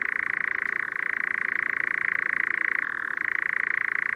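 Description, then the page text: European nightjar churring: a steady, rapid mechanical trill held without a break, briefly dropping in pitch twice before returning to its usual level. "Tomas Belka - Обыкновенный козодой (Caprimulgus europaeus)"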